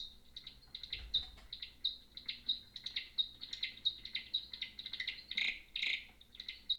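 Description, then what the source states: Mexican free-tailed bat song: rapid high chirps and buzzy trills in quick bursts, pulsing steadily throughout with brief louder clusters. Male singing; males sing specific songs for females, separate from sounds warning other males off; unclear which kind this recording is.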